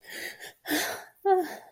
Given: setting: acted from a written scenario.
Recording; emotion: vocal sound without words; fear